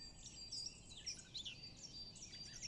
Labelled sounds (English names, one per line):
Eurasian Blackcap